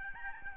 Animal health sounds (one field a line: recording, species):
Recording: mosquito wingbeat signal from an infrared sensor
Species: Aedes albopictus